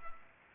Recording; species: mosquito wingbeat signal from an infrared sensor; Culex pipiens